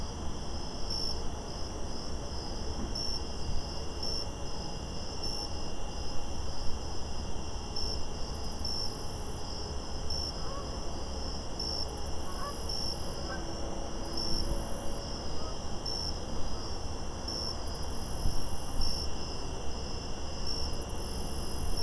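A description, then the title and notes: A park at night: crickets trill steadily in high bands over a low rumble of distant traffic, with faint chirps and brief bright bursts recurring. The Park at Night.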